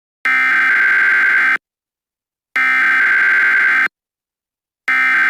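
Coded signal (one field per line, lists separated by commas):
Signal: Emergency Alert System (SAME) tones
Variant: header bursts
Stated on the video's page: Mock EAS scenario for a Cascadia hurricane.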